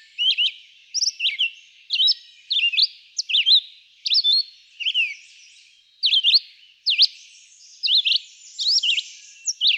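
Red-eyed vireo singing a series of brief whistled phrases, some upslurred and some downslurred, separated by short pauses.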